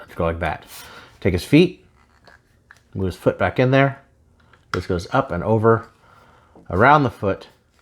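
Someone talks while handling a plastic transforming robot figure, moving its foot back and swinging a back/leg panel up and over around the foot to press it in. A few faint, brief handling ticks are heard in the pauses between speech, around 2.0 to 2.8 seconds. The clip ends before the panel snaps into place; nothing has seated yet.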